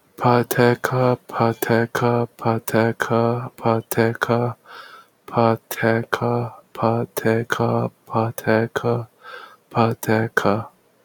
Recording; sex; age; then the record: repeated syllables /pa ta ka/; male; 20 to 29 years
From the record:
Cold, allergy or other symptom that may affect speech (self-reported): no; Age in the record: 26 years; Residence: Florida, United States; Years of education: 16